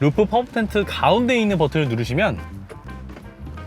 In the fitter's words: 딸깍 하는 소리가 들리게 됩니다